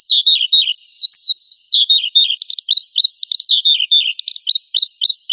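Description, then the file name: Horsfield's bush lark, a rapid song of high twittering notes, mixing downward slurs with quick rising chirps in a continuous flow. "suara burung branjangan"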